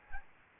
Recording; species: mosquito wingbeat signal from an infrared sensor; Aedes albopictus